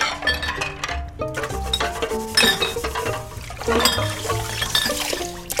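Glasses and empty bottles clink and rattle together in a steady, busy jumble of bright ringing knocks, with a splashy, sloshing undertone throughout and no voices, as glasses are gathered and empty bottles are put into a bucket while tidying up.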